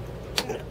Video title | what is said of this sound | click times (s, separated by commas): Repair rudder indicator | there there you go I heard the snap okay okay | 0.4 s